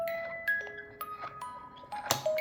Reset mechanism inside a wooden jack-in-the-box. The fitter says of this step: you hear that click that's just the Box resetting the box is reset after that click and now when you lock it